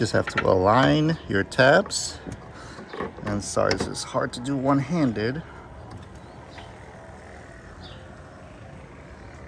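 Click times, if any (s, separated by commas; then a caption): none. Someone talks while working one-handed to line up the tabs of a NOVSIGHT LED headlight bulb with the headlight housing socket and insert it, ready for a twist to lock it. Speech fills roughly the first five and a half seconds, with a brief handling knock at about 2.9 s, then the clip quietens to a low background hum. Nothing has clicked or locked into place yet.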